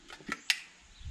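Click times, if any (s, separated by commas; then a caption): 0.5 s. The plastic lock button on a plastic gas can's spout is pushed in, giving a few light ticks before a sharp click at 0.5 s as it seats. The lock clicks in, though it pops back out as soon as it is released.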